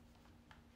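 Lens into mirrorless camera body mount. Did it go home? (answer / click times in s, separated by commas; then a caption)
no / none. A lens is being fitted onto the mount of a new mirrorless camera body, with soft handling taps and light scrapes over a steady low hum, the clearest tap near 0.5 s. Nothing has seated or clicked yet.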